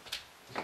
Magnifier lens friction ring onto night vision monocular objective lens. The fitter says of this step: and you'll feel it it's an audible click and then you can feel the pressure and once it is it's locked on